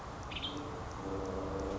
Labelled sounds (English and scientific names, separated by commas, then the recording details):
Western Tanager (Piranga ludoviciana)
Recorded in Sonoma County, California